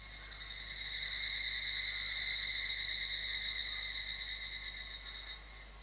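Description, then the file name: Evening cicada calling, a steady high ringing trill whose pulsing becomes more pronounced and then fades toward the end. "ヒグラシ"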